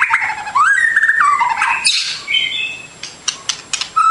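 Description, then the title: Whistled bird notes sliding up and down, followed by a harsh high burst and a few short clicks and brief whistles. Complete masteran birdsong for training. "Kicau Burung Masteran Lengkap"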